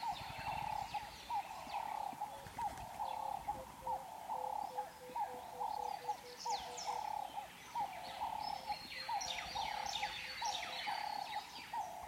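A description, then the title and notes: African savanna ambience: a steady, rapid pulsing insect call runs through the whole clip in a mid register, with a faint lower continuous tone beneath. Many birds chirp and whistle over it in quick, bright bursts, busiest after the middle. The sound of the African savanna on a calm day. African savanna ambience with birds singing and insects calling at various distances.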